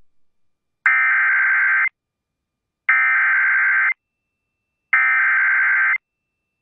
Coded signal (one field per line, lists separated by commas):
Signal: Emergency Alert System (SAME) tones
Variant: header bursts